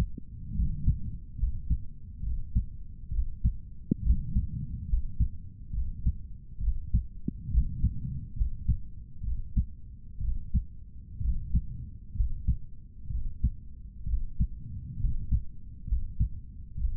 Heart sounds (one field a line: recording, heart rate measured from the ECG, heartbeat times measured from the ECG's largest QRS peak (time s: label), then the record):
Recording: heart sounds by stethoscope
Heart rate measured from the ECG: 67 bpm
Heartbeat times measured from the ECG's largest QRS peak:
0.56 s: heartbeat
1.40 s: heartbeat
2.24 s: heartbeat
3.13 s: heartbeat
4.05 s: heartbeat
4.90 s: heartbeat
5.75 s: heartbeat
6.62 s: heartbeat
7.52 s: heartbeat
8.38 s: heartbeat
9.25 s: heartbeat
10.22 s: heartbeat
11.23 s: heartbeat
12.17 s: heartbeat
13.12 s: heartbeat
14.08 s: heartbeat
15.01 s: heartbeat
15.89 s: heartbeat
16.79 s: heartbeat
From the record:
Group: healthy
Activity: rest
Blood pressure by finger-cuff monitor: 142/87 mmHg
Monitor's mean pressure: 102 mmHg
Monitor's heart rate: 68 bpm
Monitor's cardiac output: 7.4 L/min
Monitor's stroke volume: 109 mL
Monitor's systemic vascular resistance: 1010 dyn s/cm5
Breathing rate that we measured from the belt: 17 breaths a minute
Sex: male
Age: 30 years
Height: 188 cm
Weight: 110.2 kg